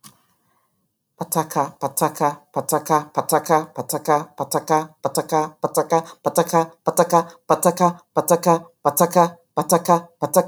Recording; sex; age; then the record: repeated syllables /pa ta ka/; female; 50 to 59 years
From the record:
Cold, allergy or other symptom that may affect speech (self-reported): no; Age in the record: 52 years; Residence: California, United States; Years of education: 16